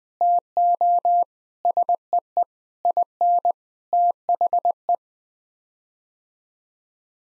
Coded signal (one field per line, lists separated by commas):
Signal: Morse code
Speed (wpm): 20 wpm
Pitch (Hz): 700 Hz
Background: none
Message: TO SEE IN THE